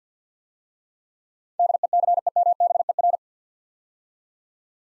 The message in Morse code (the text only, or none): DECEMBER